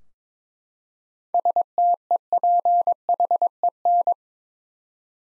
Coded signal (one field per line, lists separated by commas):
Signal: Morse code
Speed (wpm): 22 wpm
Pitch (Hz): 700 Hz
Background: none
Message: STEPHEN